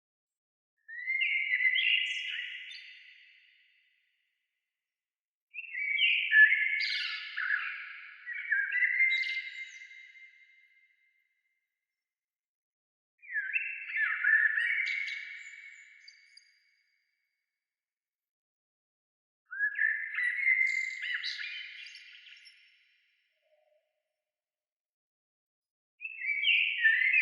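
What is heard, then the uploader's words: A single bird sings in separate phrases, each a two- to four-second burst of quick, bright warbling notes, followed by several seconds of complete silence. Phrases come roughly every six seconds, clear, with no other sounds around them. Bird sounds. Birds chirping, birds singing.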